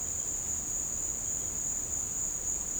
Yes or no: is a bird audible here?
no